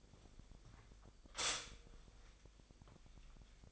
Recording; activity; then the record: daily activity, microphone in the room; stop toaster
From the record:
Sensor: 5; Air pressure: 1002.0 hPa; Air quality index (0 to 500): 206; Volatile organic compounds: 19 ppm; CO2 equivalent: 2668 ppm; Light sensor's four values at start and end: 33/108/41/43 and 33/108/41/44